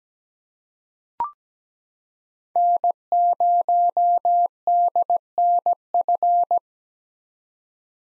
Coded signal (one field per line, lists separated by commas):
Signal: Morse code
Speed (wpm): 17 wpm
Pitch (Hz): 700 Hz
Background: none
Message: N0DNF